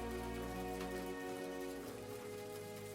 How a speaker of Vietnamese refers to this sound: Cơn mưa đầu mùa vội đến rồi cũng vội đi. Những giọt nước mưa còn đọng lại trên mái hiên, đang nhỏ từng giọt xuống nền gạch, tạo ra những âm thanh lách tách xen lẫn vào lời kể của cha tôi.